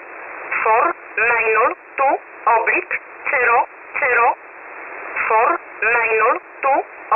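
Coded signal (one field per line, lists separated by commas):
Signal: numbers station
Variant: E11 Oblique, English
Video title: 28 08 2021 Number station E11 Oblique in English to Eu 0730 on 7377 unknown tx site in USB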